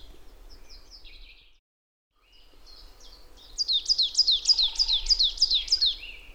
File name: Poecile palustris